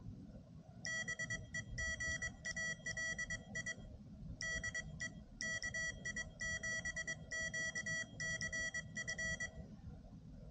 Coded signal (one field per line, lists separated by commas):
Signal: Morse code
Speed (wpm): 22 wpm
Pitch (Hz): 1950 Hz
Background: none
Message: BEGALI DE KI7QCF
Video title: My Key Collection